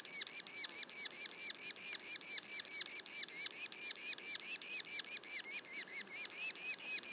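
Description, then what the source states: Yellow-bellied sapsucker calls, harsh hooked squealing notes repeated rhythmically in a rapid series. Juveniles, Mont-Orford National Park, Quebec.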